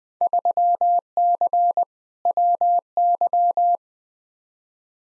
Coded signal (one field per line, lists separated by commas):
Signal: Morse code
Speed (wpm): 20 wpm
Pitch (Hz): 700 Hz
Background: none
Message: 3C WY